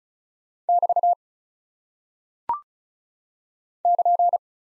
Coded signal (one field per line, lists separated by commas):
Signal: Morse code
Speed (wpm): 36 wpm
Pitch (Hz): 700 Hz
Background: none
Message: <BT> <KN>